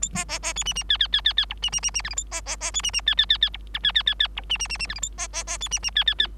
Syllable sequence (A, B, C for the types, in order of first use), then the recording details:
A B B B C D D E E E E E F D D D D G H A B B B C D D E E E E F I E E E E F D D D D G H A B B B C D D E E E. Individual Bird3